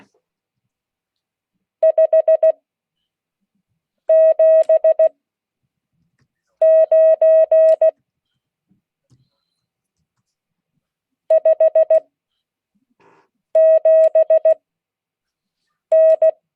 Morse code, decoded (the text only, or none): 579 57N